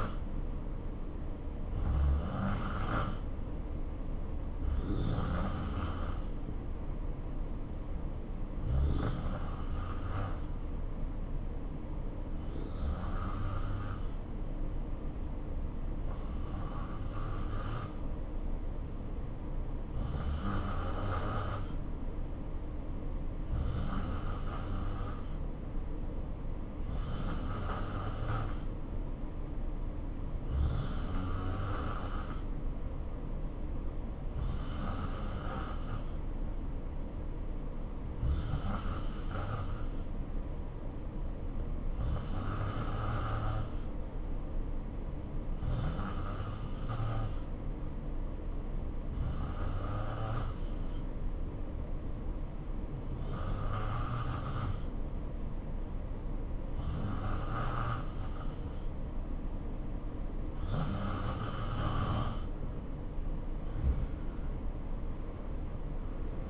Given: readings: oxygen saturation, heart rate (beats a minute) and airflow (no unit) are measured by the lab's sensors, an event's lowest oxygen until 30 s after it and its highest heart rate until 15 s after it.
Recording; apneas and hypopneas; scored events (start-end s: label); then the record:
breathing in sleep by a smartphone at the bedside; 1
8.00-44.20 s: hypopnea (N2, oxygen 92% highest, then 88% lowest, heart rate 68 at the start, 72 highest)
From the record:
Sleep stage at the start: N2 (light sleep); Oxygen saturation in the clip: 87 to 92%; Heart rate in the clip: 64 to 76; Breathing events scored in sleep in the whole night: 277 in 7.4 hours asleep